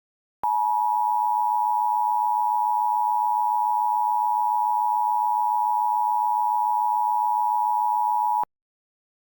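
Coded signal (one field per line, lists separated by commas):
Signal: Emergency Alert System (SAME) tones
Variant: 853 and 960 Hz attention tone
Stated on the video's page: Simulated EAS alert made in Audacity with macros and plugins; page warns the tones are valid.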